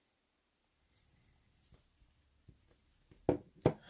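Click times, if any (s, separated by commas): 3.3 s, 3.7 s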